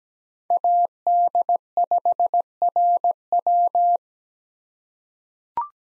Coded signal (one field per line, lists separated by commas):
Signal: Morse code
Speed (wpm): 17 wpm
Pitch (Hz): 700 Hz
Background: none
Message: AD5RW